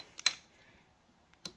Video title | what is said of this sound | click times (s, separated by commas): KTM 790/890 Adventure R: How To Tighten Up Your Headset To Get Rid of the Slop! | click okay now i'm getting a click almost where i want to click | 0.3 s